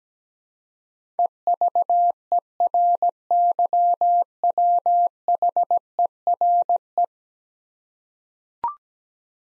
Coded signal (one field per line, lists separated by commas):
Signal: Morse code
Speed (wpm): 17 wpm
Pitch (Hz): 700 Hz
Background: none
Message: EVERYWHERE